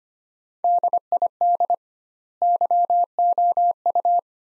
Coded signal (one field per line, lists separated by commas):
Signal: Morse code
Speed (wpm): 25 wpm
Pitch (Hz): 700 Hz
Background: none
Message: DID YOU